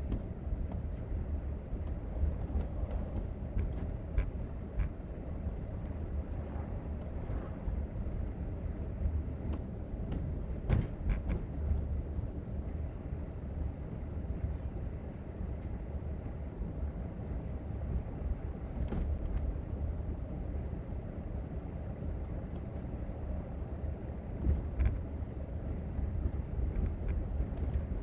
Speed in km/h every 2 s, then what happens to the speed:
52, 53, 56, 56, 56, 55, 55, 56, 56, 58, 58, 58, 58, 58.
0-28 steady at about 56.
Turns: none.